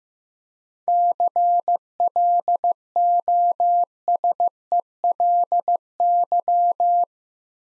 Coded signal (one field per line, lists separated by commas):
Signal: Morse code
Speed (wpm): 15 wpm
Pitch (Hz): 700 Hz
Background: none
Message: CLOSELY